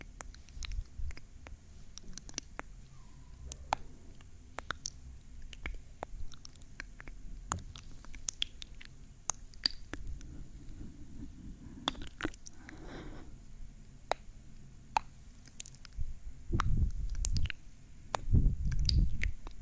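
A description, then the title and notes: Close, wet kissing sounds: sharp little smacks and clicks scattered irregularly across the whole stretch, some in quick clusters. Soft breaths sit underneath, with a hushed exhale near the middle and heavier, low breath bursts close to the microphone toward the end. ASMR 3dio kisses breathing, up close.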